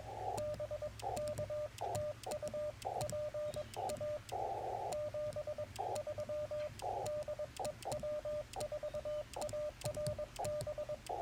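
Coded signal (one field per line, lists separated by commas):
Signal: Morse code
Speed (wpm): 21 wpm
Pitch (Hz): 600 Hz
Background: radio noise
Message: BK TU PA 73 DE W4ARB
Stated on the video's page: CW in a Parks on the Air activation, sent with a BaMaKeY TP-III paddle on a Yaesu FT-891 with a Yaesu ATAS-120A antenna.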